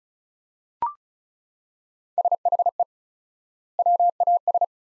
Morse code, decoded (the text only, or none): SHE WAS